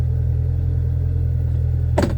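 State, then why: Seated. A steady low rumble fills the clip as the key or steering lock mechanism in the steering column of a 2025 Kawasaki Ridge Crew XR Limited side-by-side is worked after a failed first try. A sharp click at 2.0 s marks the steering lock engaging and clicking into place.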